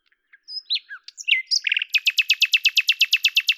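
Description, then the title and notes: Common nightingale song: varied chirps and slurred notes, then a long, fast, even train of about sixteen identical loud notes. Recorded at Lavours, France, on 10 May 1998, with a Tascam DAP-1 and Télinga microphone, edited in Samplitude 5.1. "D83, 01350 Lavours, France - rossignol à LAVOURS. 10/05/1998 Tascam DAP-1 Micro Télingua"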